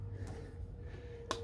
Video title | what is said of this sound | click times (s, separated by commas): Harley M8 misfire at warm up. Changing spark plugs. life pranks | oh did you hear that click nice nice | 1.3 s